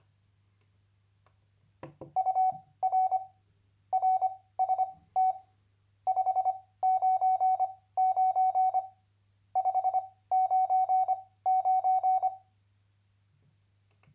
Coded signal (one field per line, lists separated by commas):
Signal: Morse code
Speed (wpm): 25 wpm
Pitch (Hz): 750 Hz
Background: none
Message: UR RST 599 599